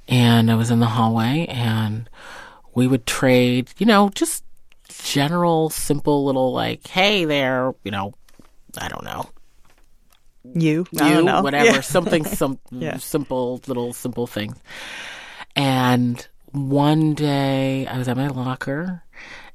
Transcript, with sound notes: And I was in the hallway, and we would trade, you know, just general, simple little, like, hey, there, you know - I don't know...
You (laughter).
...You, or whatever.
Yeah.
Something simple, little simple things. And one day, I was at my locker,